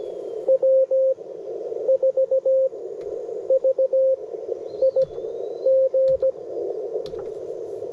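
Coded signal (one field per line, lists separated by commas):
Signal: Morse code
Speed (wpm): 20 wpm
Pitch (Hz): 530 Hz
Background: radio noise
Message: W4VIG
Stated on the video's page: POTA activation with Yaesu FT-710, CW on 30m and 20m, after poor band conditions.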